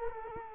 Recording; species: mosquito wingbeat signal from an infrared sensor; Culex quinquefasciatus